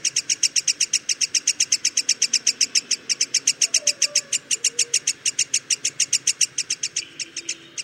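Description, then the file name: Black-headed sibia calling in a fast, steady run of bright, high-pitched chips that continues without a break throughout. "sibia kepala hitam omkicau"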